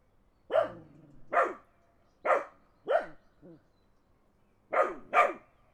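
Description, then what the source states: Dog barking in sharp single barks spaced about a second apart, ending with a quick pair, otherwise quiet. Dogs barking in the countryside while a car passes.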